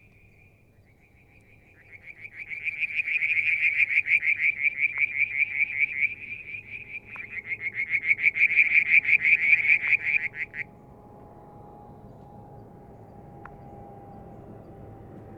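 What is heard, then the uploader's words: Frogs call by the water tank on an evening at Mount Wilson: a fast, rattling trill pulses at a steady mid-high pitch, swelling from about two seconds to nearly eleven, with a brief dip near six. A faint low hum and a thin steady tone continue underneath. Frog song, Mount Wilson, New South Wales, Australia. Limnodynastes Peronii, Litoria Verreauxii and a mystery frog one evening near the water tank.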